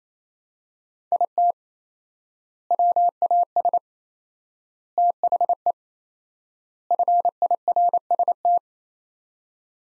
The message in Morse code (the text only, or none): IT WAS THE FIRST